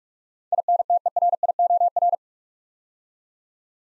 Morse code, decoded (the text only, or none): INTERIOR